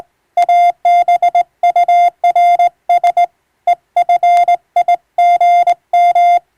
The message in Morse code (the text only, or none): ABURS EFIGM